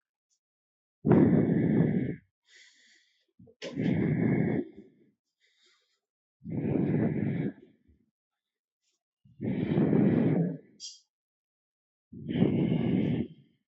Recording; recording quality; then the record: shallow breathing; excellent, no background noise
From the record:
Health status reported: healthy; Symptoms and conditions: diabetes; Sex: male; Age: 42 years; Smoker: not ticked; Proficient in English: yes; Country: India